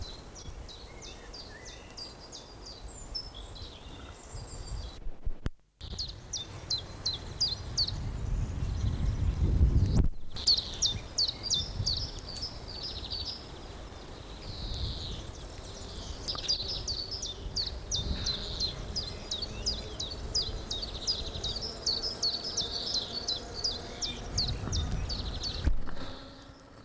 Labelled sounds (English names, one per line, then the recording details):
Common Chiffchaff
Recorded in the wild
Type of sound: call, call sequence
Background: chloris chloris
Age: adult
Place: Friedhof Niederschönhausen III, Berlin, DE
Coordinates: 52.571, 13.386
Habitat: Stadtfriedhof
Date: 1992-04-12 11:40
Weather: heiter, 16°C
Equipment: Nagra SN, Mikrofon AKG CK 8, Kopie Tesla B 116
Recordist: Tembrock, Günter
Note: Friedhof III: Gesang